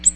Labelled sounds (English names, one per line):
Ovenbird flight call